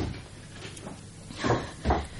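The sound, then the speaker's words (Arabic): A door is shut in two quick stages: a soft rustling movement followed by two solid thuds about half a second apart, the second a low, heavier knock, with no voices. “اقفل الباب”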